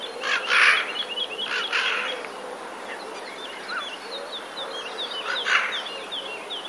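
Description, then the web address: Eurasian jay uttering rough, scratchy screeches, three bursts, while other small birds chirp and twitter rapidly throughout. Alarm call, 7 April 2019. "wroblowe ostrzegator sojka 07 04 2019"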